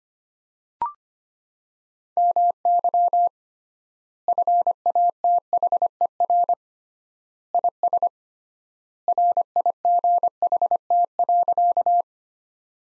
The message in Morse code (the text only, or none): MY FATHER IS RIGHT.